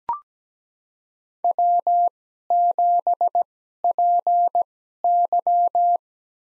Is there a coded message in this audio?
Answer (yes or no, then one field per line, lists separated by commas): yes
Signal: Morse code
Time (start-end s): 1.4-6.0 s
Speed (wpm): 17 wpm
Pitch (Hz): 700 Hz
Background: none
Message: W7PY